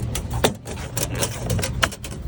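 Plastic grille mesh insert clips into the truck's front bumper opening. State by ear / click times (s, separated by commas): seated / 0.4 s, 1.8 s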